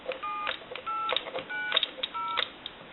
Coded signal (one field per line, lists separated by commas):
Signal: DTMF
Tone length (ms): 250 ms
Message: 7890